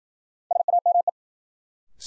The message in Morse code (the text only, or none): SAME